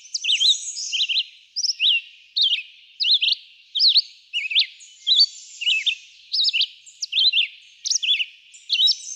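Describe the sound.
Red-eyed vireo singing a continuous string of brief, varied whistled phrases, spaced under a second apart.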